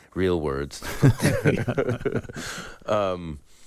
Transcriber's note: laughter